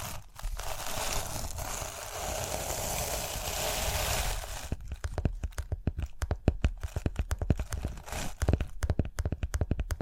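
Rhinestones are brushed in a dense, steady scratching hiss for four seconds, then tapped in quick, irregular clicks until the end.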